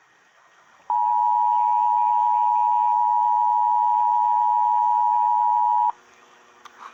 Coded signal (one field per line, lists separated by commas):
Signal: Emergency Alert System (SAME) tones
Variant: 853 and 960 Hz attention tone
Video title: EAS 755 KEC80 RWT